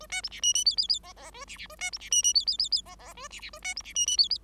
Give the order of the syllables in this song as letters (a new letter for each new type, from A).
A B C D E E F F F G G A D D A B C D E E F F F F G G A D D A B C D E E F F